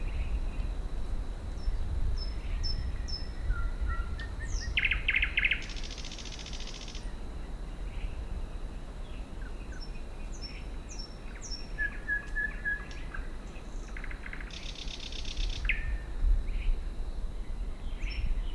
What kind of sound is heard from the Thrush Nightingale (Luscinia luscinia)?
song